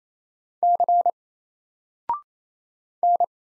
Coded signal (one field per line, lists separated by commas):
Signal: Morse code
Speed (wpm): 27 wpm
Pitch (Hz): 700 Hz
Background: none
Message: C N